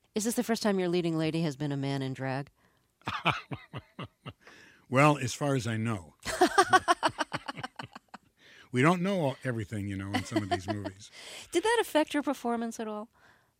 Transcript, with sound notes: Is this the first time your leading lady has been a man in drag?
(Laughter) Well, as far as I know.
(LAUGHTER)
We don't know everything, you know, in some of these movies.
Did that affect your performance at all?